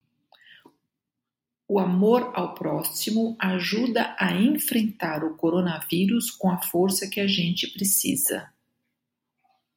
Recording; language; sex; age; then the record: spoken sentence; Brazilian Portuguese; female; 50 to 59 years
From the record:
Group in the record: control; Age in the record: 57 years